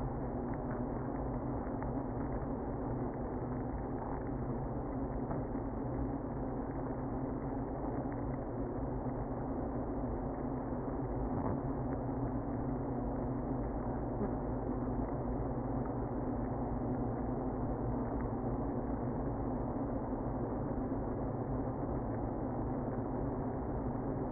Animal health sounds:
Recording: honeybee colony, microphone inside the hive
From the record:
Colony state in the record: queenless (queen removed)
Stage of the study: after two queens were removed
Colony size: about 60,000 bees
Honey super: yes

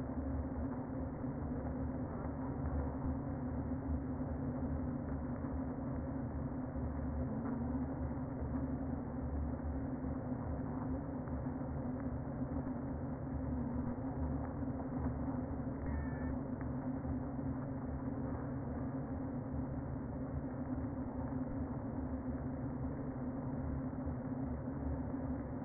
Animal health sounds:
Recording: honeybee colony, microphone inside the hive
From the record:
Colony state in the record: queen present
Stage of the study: before two queens were removed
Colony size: about 60,000 bees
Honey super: yes

